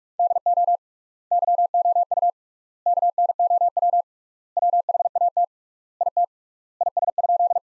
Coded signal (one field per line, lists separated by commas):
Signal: Morse code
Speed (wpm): 47 wpm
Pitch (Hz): 700 Hz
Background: none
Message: DO YOU KNOW WHAT IT IS?